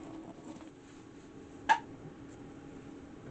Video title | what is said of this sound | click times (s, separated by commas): vlog 30 lets steam can Thai green tomato chutney | You can hear the popping as they all start to seal. | 1.7 s